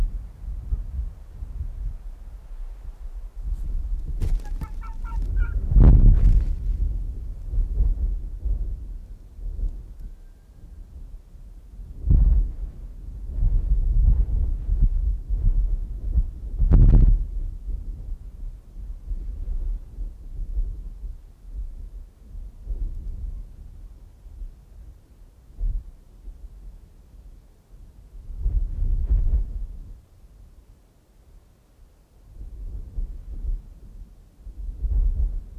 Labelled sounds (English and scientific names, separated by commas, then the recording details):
Arctic Fox (Vulpes lagopus)
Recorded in the wild
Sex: male
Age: adult
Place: Insel Mednyi, Kommandeur-Inseln, RU
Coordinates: 54.5167, 168.083
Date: 1999-07-12 18:49
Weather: bedeckt, 10°C, schwacher Westwind
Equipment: Sony WM-D6C, Sennheiser MKH 40, Windkorb, Kopie Sony TCD-D8
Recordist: Frommolt, Karl-Heinz
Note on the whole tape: Südosten der Insel, oberer Rand des Geröllfeldes: sechs Bellstrophen eines unmarkierten Polarfuchsrüden. Entfernung 10 - 50 m, z.T. starke Windgeräusche